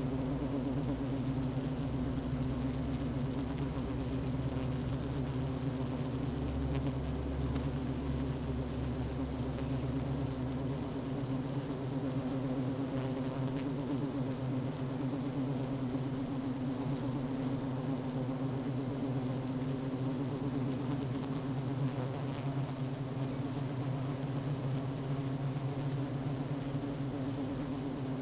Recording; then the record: honeybee colony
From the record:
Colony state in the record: active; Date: 12 June 2018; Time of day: 10:07